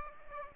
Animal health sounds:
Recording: mosquito wingbeat signal from an infrared sensor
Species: Aedes aegypti

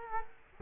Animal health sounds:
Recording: mosquito wingbeat signal from an infrared sensor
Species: Culex quinquefasciatus

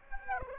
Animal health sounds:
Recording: mosquito wingbeat signal from an infrared sensor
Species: Aedes aegypti

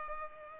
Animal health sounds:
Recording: mosquito wingbeat signal from an infrared sensor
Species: Culex pipiens

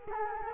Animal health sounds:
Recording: mosquito wingbeat signal from an infrared sensor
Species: Culex quinquefasciatus

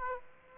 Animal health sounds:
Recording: mosquito wingbeat signal from an infrared sensor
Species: Aedes aegypti

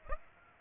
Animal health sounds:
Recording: mosquito wingbeat signal from an infrared sensor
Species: Aedes aegypti

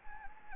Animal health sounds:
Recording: mosquito wingbeat signal from an infrared sensor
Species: Anopheles gambiae

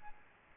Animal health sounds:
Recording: mosquito wingbeat signal from an infrared sensor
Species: Aedes albopictus

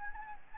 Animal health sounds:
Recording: mosquito wingbeat signal from an infrared sensor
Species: Anopheles gambiae

